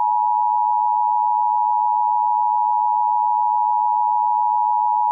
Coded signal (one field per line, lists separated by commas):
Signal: Emergency Alert System (SAME) tones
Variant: 853 and 960 Hz attention tone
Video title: EAS Mini Video - Fitness Gram Curl-Up Test - EASy Plus Required Monthly Test Mock (May 4, 2022)